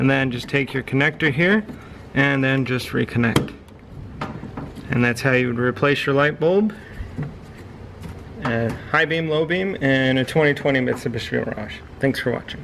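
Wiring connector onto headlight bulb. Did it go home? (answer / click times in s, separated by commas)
yes / 4.2 s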